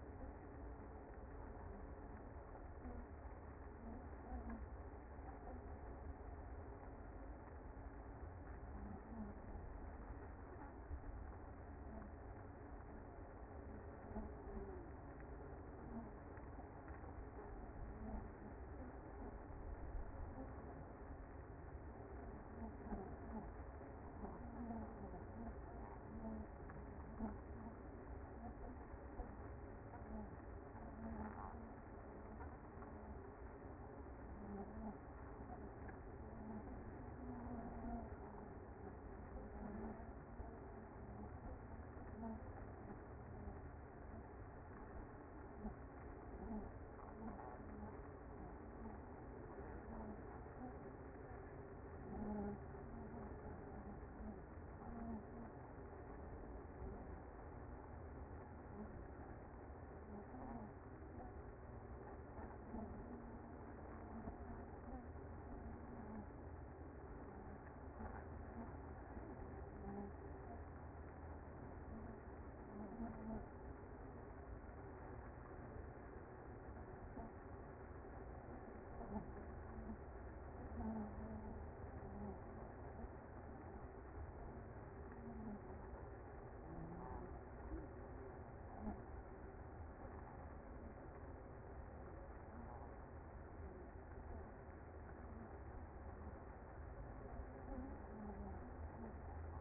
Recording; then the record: honeybee colony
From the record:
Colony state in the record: active